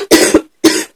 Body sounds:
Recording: coughing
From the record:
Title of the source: 55 gaggy wet cough

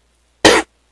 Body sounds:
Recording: coughing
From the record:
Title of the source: 61 morning phlegmy cough...again

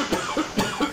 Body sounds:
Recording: coughing mixed with background sound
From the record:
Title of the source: Spring Allergy Coughing

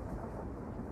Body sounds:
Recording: background sound without coughing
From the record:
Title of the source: Train Ride Ambience ambient white noise for sleeping, focus, studying, reading

